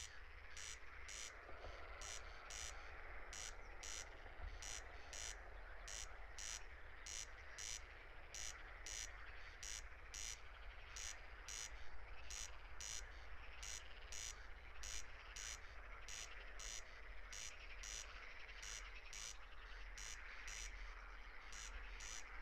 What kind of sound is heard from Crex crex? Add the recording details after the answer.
song. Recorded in the wild. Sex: male. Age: adult. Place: Schwedt/Oder, Nationalpark Unteres Odertal, Brandenburg, DE. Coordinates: 53.0443, 14.2917. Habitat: meadow. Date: 2021-06-17 00:23. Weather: 14°C, 80% humidity, almost windless. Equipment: Edirol R44, Microtech Gefell MK 250/MV220. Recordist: Frommolt, Karl-Heinz